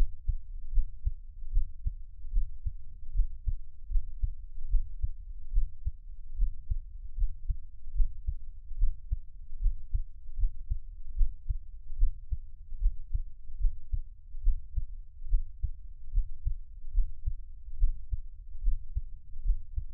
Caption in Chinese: 台灣ASMR | 獻上我的心跳 | Give my Heartbeat | NO Talking。